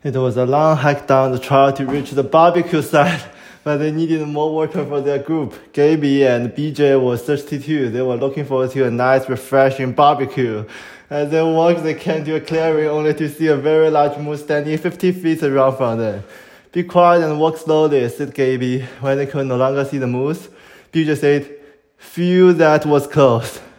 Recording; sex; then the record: reading aloud after running; male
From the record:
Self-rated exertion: moderate exertion (3 of 6); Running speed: 8 miles an hour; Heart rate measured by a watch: 125 beats a minute at the start, 118 at the end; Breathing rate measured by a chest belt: 25 breaths a minute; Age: 23 years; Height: 172 cm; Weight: 73 kg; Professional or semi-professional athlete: no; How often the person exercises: 3 to 5 times a week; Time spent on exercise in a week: over 5 hours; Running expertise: yes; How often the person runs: 3 to 5 times a week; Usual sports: running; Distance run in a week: 40 km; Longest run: 20 km